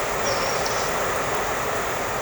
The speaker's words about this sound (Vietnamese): Thấy không? Mưa quá lớn này. Mưa lớn lắm thì chị phải nói kê sát cái máy vô mới nghe được, mới nói được á.